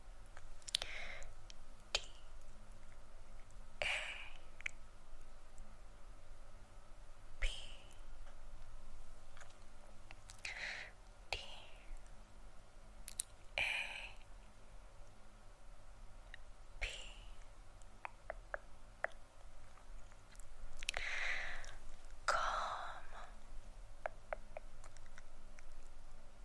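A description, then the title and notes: Wet mouth sounds come in short separate clicks and smacks, roughly every two to three seconds, with a denser cluster near the end around 21 to 23 seconds. Between them sits a quiet, steady low hum. ASMR Finger Tracing Personal Attention, Mouth Sounds, Repeating Words.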